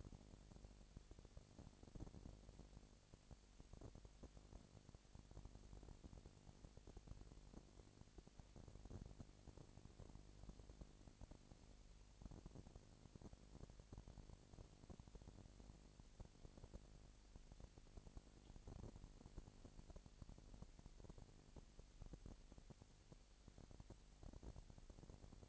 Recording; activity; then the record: daily activity, microphone in the room; no activity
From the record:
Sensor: 5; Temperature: 20.1 degrees Celsius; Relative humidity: 38.2%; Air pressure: 998.9 hPa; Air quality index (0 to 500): 218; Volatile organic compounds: 24 ppm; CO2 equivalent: 2811 ppm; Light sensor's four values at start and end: 2/3/1/1 and 2/3/1/1